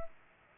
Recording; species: mosquito wingbeat signal from an infrared sensor; Culex pipiens